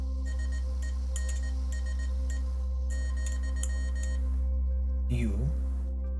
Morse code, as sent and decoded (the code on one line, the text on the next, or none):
... . -. ... . / --..--
SENSE ,